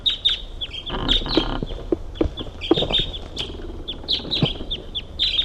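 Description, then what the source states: Crossbill calls, short sharp chips repeated in quick irregular bursts, with some clicks and low rustling beneath. Crossbills calling at 11:31 a.m., just after about two hours of rain stopped.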